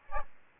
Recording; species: mosquito wingbeat signal from an infrared sensor; Aedes albopictus